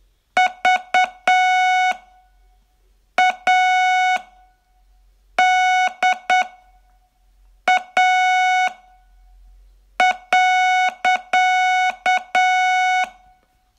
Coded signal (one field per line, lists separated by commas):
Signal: Morse code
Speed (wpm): 8 wpm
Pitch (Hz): 740 Hz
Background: music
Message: VADA.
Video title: Learn Morse in 42 Days from VU2LAU - day16